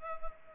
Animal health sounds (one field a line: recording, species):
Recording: mosquito wingbeat signal from an infrared sensor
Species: Culex pipiens